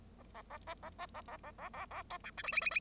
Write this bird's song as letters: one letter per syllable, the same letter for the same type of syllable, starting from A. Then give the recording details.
A A A B A B A A A A A A C D E F F F F. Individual Bird0